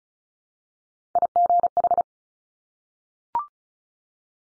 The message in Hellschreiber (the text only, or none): none